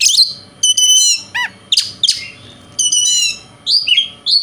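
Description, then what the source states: Oriental magpie-robin: songbird giving varied sharp whistles, descending slurs and harsh chattering notes in rapid, broken phrases. Bird called kacer, shown singing vigorously in a way said to provoke other kacer birds.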